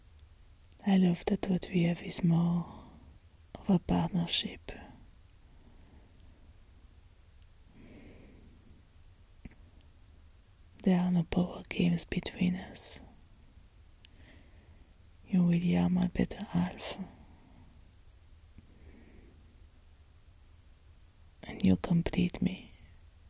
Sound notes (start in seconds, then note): 13.0 French Accent; 18.6 breathing